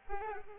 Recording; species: mosquito wingbeat signal from an infrared sensor; Aedes albopictus